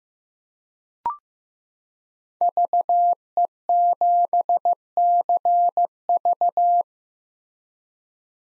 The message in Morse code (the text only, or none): VE7CV